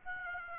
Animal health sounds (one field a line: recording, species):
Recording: mosquito wingbeat signal from an infrared sensor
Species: Aedes aegypti